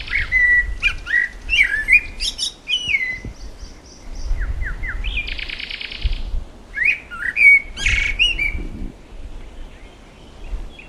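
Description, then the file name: Eurasian blackbird singing mellow warbled phrases with shrill high endings; a brief buzzy rasp comes midway, over a low background hum. "Turdus merula"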